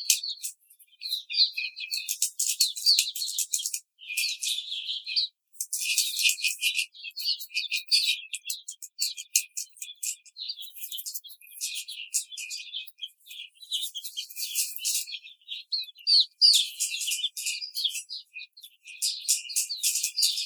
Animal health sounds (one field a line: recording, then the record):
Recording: young laying hens in a cage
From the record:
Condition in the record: treatment cage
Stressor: simulated dog barking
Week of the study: 5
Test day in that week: 1